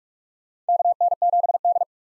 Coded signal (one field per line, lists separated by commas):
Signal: Morse code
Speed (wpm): 46 wpm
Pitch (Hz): 700 Hz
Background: none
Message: KN7D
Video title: 2023 POTA Hunter Call Signs - 45wpm